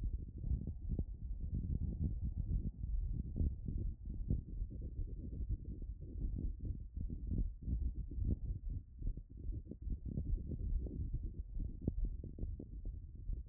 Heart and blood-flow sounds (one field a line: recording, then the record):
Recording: heart sounds by stethoscope after running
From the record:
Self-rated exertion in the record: light exertion (2 of 6)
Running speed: 6 mph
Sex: female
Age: 24 years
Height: 163 cm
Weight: 52 kg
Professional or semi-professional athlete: no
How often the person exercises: 1 to 2 times a week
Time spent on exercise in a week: under 1 hour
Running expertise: no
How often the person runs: 1 to 2 times a week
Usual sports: interval training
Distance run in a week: 5 km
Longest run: 3 km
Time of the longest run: 30 minutes